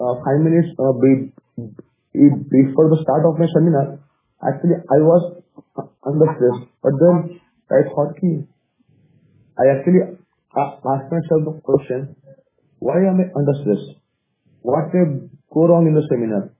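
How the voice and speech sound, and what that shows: Adult man who stammers speaks mostly fluently, with stretched sounds, a restarted word and long mid-phrase pauses typical of mild stuttering; he is not fully fluent, and his stammer worsens under stress.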